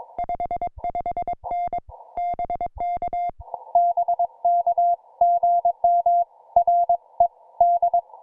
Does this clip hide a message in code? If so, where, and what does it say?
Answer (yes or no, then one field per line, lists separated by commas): yes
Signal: Morse code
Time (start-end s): 0.2-8.0 s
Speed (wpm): 22 wpm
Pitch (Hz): 700 Hz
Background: music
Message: 55N BK BK GM RE D